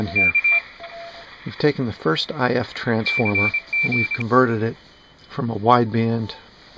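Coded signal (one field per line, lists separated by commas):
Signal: Morse code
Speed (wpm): 26 wpm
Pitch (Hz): 2350 Hz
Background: speech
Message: K C G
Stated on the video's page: Received on an ARC-5 command receiver with selectivity aids: converters, Q-5R, Q-multiplier, McCoy gimmick, crystal filter.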